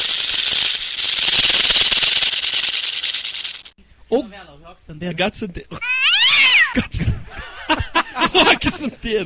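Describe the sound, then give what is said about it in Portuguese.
A steady hiss of rustling noise gives way to a run of loud, wavering cat meows, several drawn-out cries sliding up and down in pitch, one especially high and whiny. “Gato santeiro, velho. Um gato branco.”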